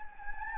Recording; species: mosquito wingbeat signal from an infrared sensor; Anopheles gambiae